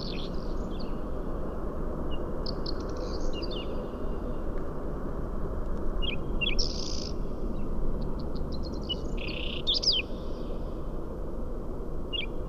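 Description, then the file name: Whinchat singing short, varied phrases of chattering, buzzy notes and thin whistles, with pauses between bursts, against constant low-pitched background noise. "Stiaccino"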